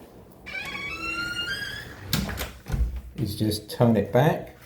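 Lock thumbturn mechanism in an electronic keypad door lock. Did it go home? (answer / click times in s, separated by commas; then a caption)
no / none. The thumbturn on a Schlage electronic keypad door lock is being turned back from the half-turn disabled (passage) setting, used to keep the lock open while bringing in groceries, so that the door will lock. Someone talks while the lock is handled. Nothing has clicked into the locked position yet.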